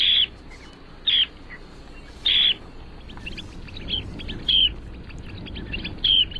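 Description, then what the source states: Dunlin calls, several short high notes at uneven intervals, with a faint noisy background. Mystery bird of the show, identified as a Dunlin by a caller.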